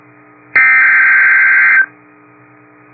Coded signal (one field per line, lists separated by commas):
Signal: Emergency Alert System (SAME) tones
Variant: header bursts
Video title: Severe Thunderstorm Warning #4 - 04/05/23 (EAS #2,722)